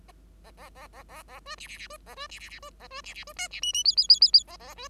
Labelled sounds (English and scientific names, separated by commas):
Bengalese Finch (Lonchura striata domestica) song